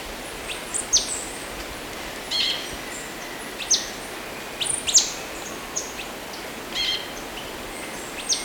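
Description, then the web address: Orange-bellied euphonia song: sharp, high, thin notes given singly or in short pairs, spaced irregularly over a soft hiss. Recorded in Ecuador. "Natures Songs S America Birds of Ecuador. Orange-Bellied Euphonia"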